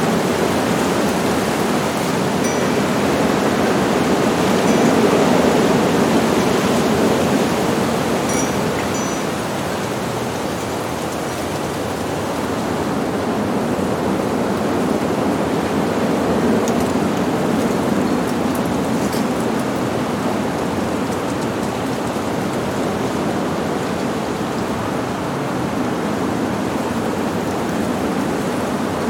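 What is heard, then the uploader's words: Light rain and wind make a steady, dense hiss, slightly louder around five seconds, with faint low rumble like street traffic underneath. City Street Meditation with Serene Rain and Wind. All this, while the gentle sounds of a light rain and wind create a soothing symphony.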